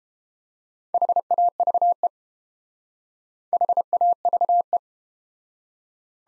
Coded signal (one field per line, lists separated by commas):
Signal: Morse code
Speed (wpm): 29 wpm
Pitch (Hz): 700 Hz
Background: none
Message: HAVE HAVE